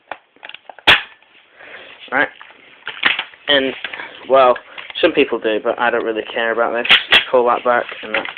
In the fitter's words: Stick it in until you hear the click.